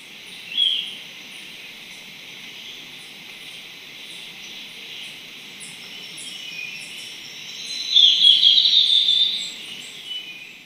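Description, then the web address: Golden-faced Tyrannulet call: one sharp high note, later a quick chattering series of high notes lasting about a second, with steady insect noise throughout. Ecuador; possibly an unnamed taxon. "Natures Songs S America Birds of Ecuador Golden-faced Tyrannulet (possible unnamed taxon)"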